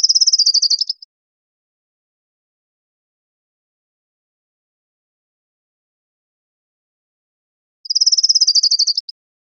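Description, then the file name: Orange-crowned warbler's high, rapid trill lasting about a second, heard twice with long silence between, the second trill arriving near the end. Recorded 3 November 2005; labelled CR. "CR OCWA 051103"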